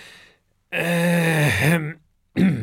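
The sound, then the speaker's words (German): A teacher in a children's story clears his throat, a drawn-out, humming 'ahem' whose low pitch dips midway, followed by a short voiced burst. It is fairly loud, with no other talk. “Räuspert sich der Lehrer.”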